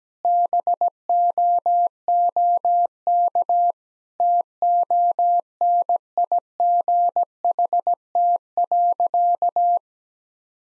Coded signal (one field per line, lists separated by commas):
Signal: Morse code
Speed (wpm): 17 wpm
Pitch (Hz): 700 Hz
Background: none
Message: BOOK TONIGHT.